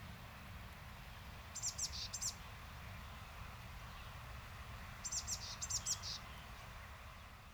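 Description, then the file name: Eurasian blue tit calls: two soft bursts of high, quick, buzzy notes a few seconds apart, set against continuous low-pitched background noise. "Cyanistes caeruleus"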